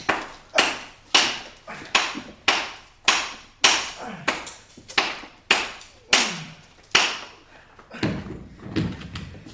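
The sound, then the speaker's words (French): Hammer blows battering and decapitating a sculpted head of Robespierre in the film Thermidor: about a dozen loud, sharp strikes in a steady rhythm, each leaving a short ringing decay, ending with a few quicker, weaker knocks. “François rejoint Malais, lui prend le marteau des mains et achève le travail de décapitation.”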